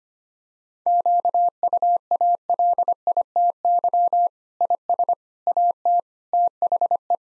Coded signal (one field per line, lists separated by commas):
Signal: Morse code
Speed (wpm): 25 wpm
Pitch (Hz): 700 Hz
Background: none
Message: QUALITY IS AT THE